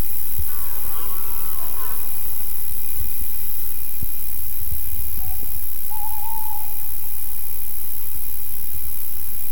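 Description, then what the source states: Red deer bellow: a hoarse, harmonic roar near the start, then thuds and a short, level whistle, all over a continuous background hiss. Rutting bellows (le brame) recorded in the Forêt de la Double, Dordogne, Périgord.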